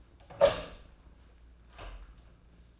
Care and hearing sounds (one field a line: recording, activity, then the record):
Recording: daily activity, microphone in the room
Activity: open door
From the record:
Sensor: 2